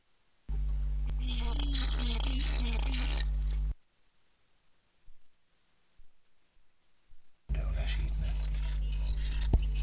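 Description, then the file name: Common swift screaming: two bursts of piercing, wavering high screeches, several seconds apart, with a low hum beneath them. "apus apus"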